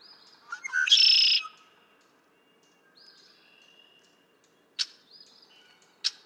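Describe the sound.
Red-winged blackbird gives one buzzy trilled song after quick introductory notes; later faint chattering notes and two sharp clicks follow.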